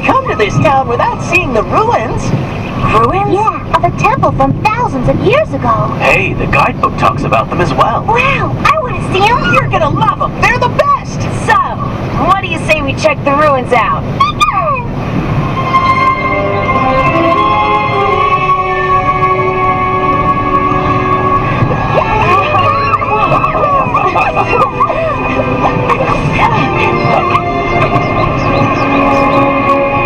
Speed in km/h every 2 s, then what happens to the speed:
111, 111, 111, 111, 111, 111, 112, 112, 112, 112, 112, 113, 113, 114, 113.
0-30 steady at about 112.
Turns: none.